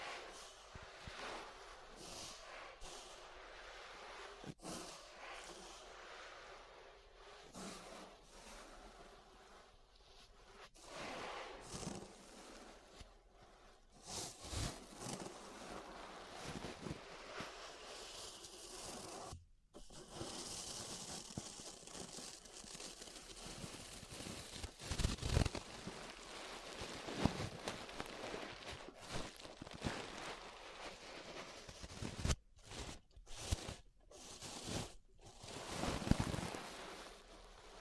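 Ear brushing: soft, dense scratchy strokes continue steadily, with brief pauses near 5, 20 and 33 seconds and a louder burst toward the end.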